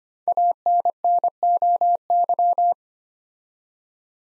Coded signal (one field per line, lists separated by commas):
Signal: Morse code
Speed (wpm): 25 wpm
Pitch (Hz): 700 Hz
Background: none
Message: ANNOY